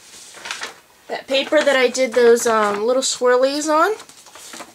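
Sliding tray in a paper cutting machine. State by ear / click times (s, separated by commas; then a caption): seated / 0.5 s. The plastic tray of a paper trimmer, a sliding tray in a paper cutting machine, is pushed back and clicks into place at 0.5 s with a short, sharp snap. Someone then talks over the rest of the clip, and the tray is seated.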